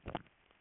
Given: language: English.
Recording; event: throat vibration sensor signal played as sound; swallow